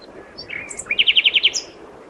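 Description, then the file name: Common nightingale song phrase: short whistles leading into a loud, even series of identical notes, ending on a high slur. "Luscinia megarhynchos"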